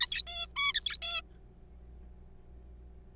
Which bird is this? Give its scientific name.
Taeniopygia guttata